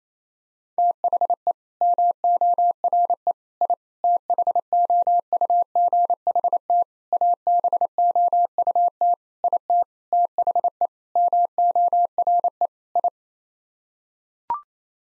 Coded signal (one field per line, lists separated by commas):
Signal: Morse code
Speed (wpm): 28 wpm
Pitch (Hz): 700 Hz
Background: none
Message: THE MORE I THOUGHT ABOUT IT THE MORE I